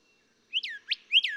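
Golden whistler whistles: three loud slurred whistles, the first and last rising then falling, delivered in about one second.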